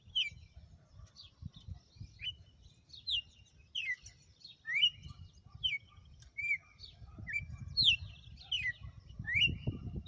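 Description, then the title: Red-cowled cardinal singing a busy run of sharp, slurred whistled notes in quick succession, with a low rumbling background throughout. Female; notes say she gave one açoite after another today. "Canto Galo Campina Fêmea. Galo de campina,hj foi um açoite atrás do outro"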